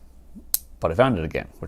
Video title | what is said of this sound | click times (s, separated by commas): Tasting HAWAIIAN CRUNK a POG Milkshake IPA and Talking MULTI-TOOLS! | not so much a problem pull that over and it locks straight back | 0.5 s